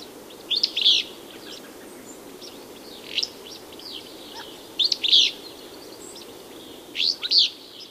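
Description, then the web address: Willow Flycatcher repeating a brief buzzy, sneezy two-part phrase roughly every two seconds, four bursts in all, over soft background hiss. Western North America. "Songs of Birds of North America Know Your Bird Sounds Common Western Species. Willow Flycatcher"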